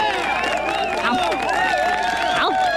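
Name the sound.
applause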